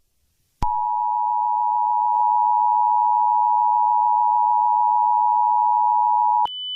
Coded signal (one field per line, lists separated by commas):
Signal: Emergency Alert System (SAME) tones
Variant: 853 and 960 Hz attention tone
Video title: EAS Scenario 15: SpongeBob.EXE